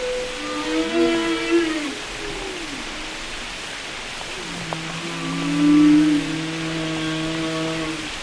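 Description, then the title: Whale song: layered tonal moans with short arched calls and a long steady low tone in the second half, over a background hiss. Whale songs described as carrying messages used in communication and social life. "Whale Wisdom: Understanding the Language of the Deep"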